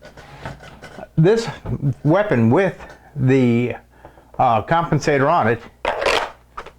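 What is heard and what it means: Someone talks while a pistol fitted with a barrel compensator is pushed into a molded Vedder LightDraw holster, with a contact knock at 6.6 s. It stops short and does not go fully home, leaving the trigger exposed, so the pistol only partly seats and does not fit the holster.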